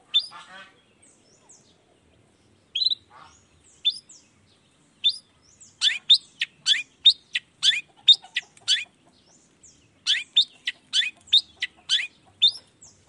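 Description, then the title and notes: Long-tailed shrike singing sparse squeaky notes, then bursts of rapid high chirps and sweeping whistles. Cendet heard singing in the morning in a varied 'toet toet' style; the recording is meant to stimulate reluctant shrikes to join in and sing. "Cendet Gacor Dor Di Kala Pagi Toet Toet Variasi Suara. Cendet Gacor Di Pagi Hari Rangsangan Emosi Cendet Malas Bunyi Supaya Secepatnya Ikutan Bunyi. Burung cendet"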